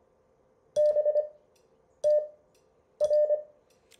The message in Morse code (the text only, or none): BTR